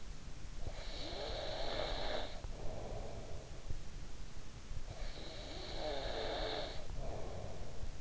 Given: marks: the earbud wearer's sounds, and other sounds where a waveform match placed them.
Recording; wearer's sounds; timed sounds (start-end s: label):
sounds in sleep by an in-ear microphone; snoring breath
0.54-3.66 s: snoring breath
4.64-8.01 s: snoring breath